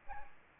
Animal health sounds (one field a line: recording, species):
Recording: mosquito wingbeat signal from an infrared sensor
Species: Aedes albopictus